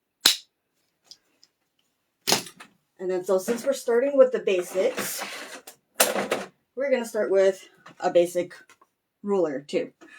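A small circular button on a rotary cutter is pressed to disengage its safety lock, and the lock releases with a loud, sharp click at 0.3 s. A few faint ticks follow. After about 2 seconds, someone talks.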